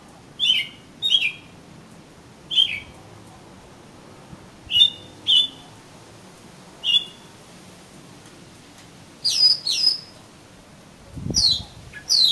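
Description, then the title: Oriental magpie-robin song: clear whistled notes given singly or in pairs every second or two, ending with two sharply rising whistles. "Kacer Kacer"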